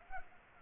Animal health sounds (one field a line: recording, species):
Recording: mosquito wingbeat signal from an infrared sensor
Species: Culex pipiens